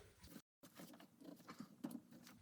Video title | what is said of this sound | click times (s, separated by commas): Chevy Equinox/GMC Terrain Brake Master Cylinder Replacement | Once you hear that click, everything is locked into place. | 1.8 s